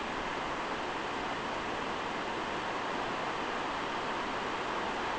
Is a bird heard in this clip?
no